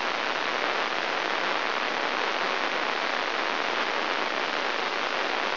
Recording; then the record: brain microelectrode recording played as sound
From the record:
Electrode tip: inside the subthalamic nucleus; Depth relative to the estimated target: -2 mm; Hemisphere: left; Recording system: AlphaMap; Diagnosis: Parkinson's disease